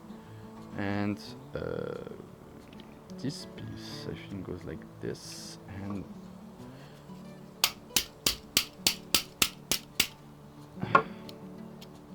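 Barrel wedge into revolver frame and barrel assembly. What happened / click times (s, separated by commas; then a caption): The metal wedge was tapped in but did not go fully home / 7.6 s, 8.0 s, 8.6 s, 9.1 s, 9.4 s, 10.9 s. Someone talks while fitting the metal barrel wedge into the frame and barrel assembly of a Spanish replica Colt 1860 percussion revolver. The wedge is driven in with a series of sharp taps at 7.6, 8.0, 8.6, 9.2, 9.4 and 11.0 seconds. It ends up tapped in but not fully home.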